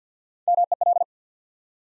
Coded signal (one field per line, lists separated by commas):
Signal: Morse code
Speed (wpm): 50 wpm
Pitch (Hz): 700 Hz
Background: none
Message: MEL